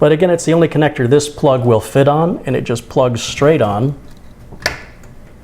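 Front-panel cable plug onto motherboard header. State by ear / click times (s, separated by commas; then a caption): seated / 4.7 s. Someone talks while a keyed front-panel cable plug, with a small key so it fits only one way, is pushed straight onto its black motherboard header, the only connector it will fit. After a faint tap, a sharp click at 4.7 s marks the plug latching and seating in position.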